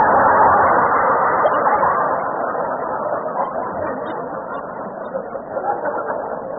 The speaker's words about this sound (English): You just drive the car. And Rochester, watch out. Watch out for that bump up ahead.